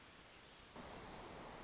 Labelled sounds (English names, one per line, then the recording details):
Hermit Thrush
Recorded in Sonoma County, California